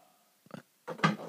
Sneeze.